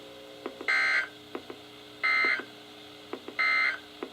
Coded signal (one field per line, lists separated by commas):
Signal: Emergency Alert System (SAME) tones